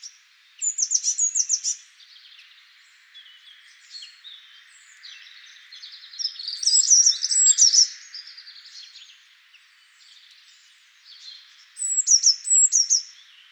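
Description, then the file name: Eurasian blue tit calling in high, rapid chip series, three main bursts near one, seven and twelve seconds, fainter scattered twitters in between. "Cyanistes caeruleus"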